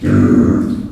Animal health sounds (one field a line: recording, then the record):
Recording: squeal of a Yucatan mini pig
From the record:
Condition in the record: after surgery on the right vocal fold (resection and tissue-engineered implant)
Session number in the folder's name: 7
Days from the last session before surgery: 47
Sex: female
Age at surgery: 19 weeks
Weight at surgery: 25 kg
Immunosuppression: prednisolone